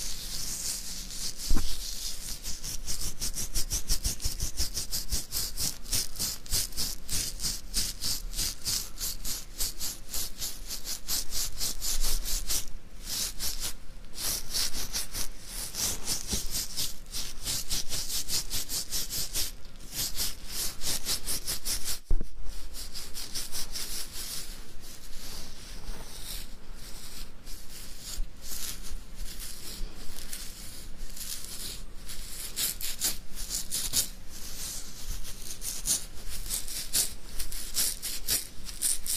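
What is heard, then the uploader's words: Beard scratching: a constant dry rasping made of dense, rapid strokes with bright, crackly edges, running steadily for the whole stretch. Brief dips in the scratching fall around 13 and 22 seconds, and a faint low hum stays underneath. ASMR INSANE BEARD SCRATCHING.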